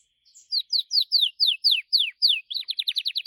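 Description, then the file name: Gloster canary song: a string of slurred descending whistles, then a quicker run of short repeated notes. "canto do canario gloster"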